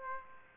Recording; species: mosquito wingbeat signal from an infrared sensor; Aedes aegypti